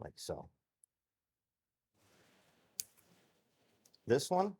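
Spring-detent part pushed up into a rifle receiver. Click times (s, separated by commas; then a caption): 2.8 s. A spring-detent part is pushed up into the steel receiver of an Ohio Ordnance 1918A3-SLR (BAR) rifle during reassembly, so its edge locks under the charging handle boss and the small detent clicks into a recess in the receiver side wall. Someone talks, then after a quiet stretch a sharp click is heard at 2.8 s as the part seats, followed by a few faint ticks and more talking.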